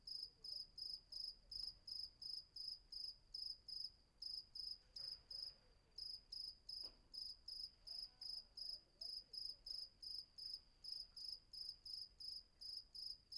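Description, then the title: Cricket chirping in steady high-pitched pulses, roughly two per second; a few faint low sounds in the background. Night ambience with crickets at Vagia, Patmos, Greece; recorded with a Fostex FR-2 and MKH800 microphone. "Patmos, Vagia, Griechenland - Nachtsimmung 03, Grillen"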